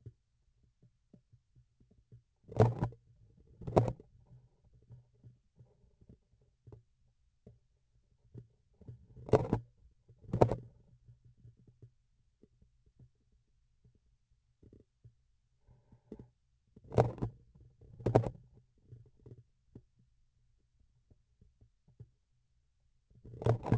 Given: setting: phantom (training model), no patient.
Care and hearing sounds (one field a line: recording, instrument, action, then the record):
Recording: laparoscopic instrument, vibration sensor on the handle end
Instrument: grasping forceps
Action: opening and closing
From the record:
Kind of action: tool actuation without material contact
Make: other than Olympus